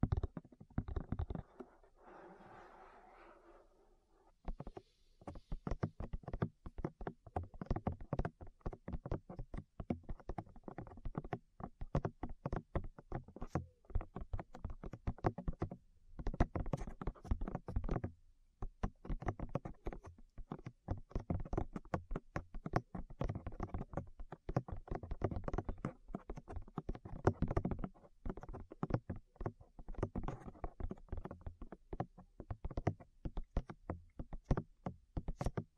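Rapid tapping on the ears fills the clip, a dense, uneven stream of soft thumps and knocks from about five seconds to the end, with brief pauses near 16 and 18 seconds. The opening seconds hold a quieter, muffled rustle before the tapping begins.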